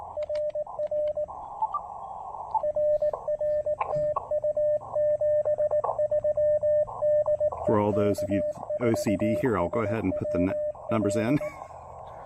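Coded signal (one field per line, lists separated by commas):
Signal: Morse code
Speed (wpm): 18 wpm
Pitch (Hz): 590 Hz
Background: speech, radio noise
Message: RR RR TU 73 DE K4SWL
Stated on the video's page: Park activation with QRP using the tiny Elecraft AX1 antenna.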